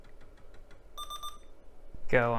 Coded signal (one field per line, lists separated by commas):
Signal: none